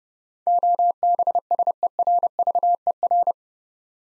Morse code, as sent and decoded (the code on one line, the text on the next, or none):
--- -... ... . .-. ...- . .-.
OBSERVER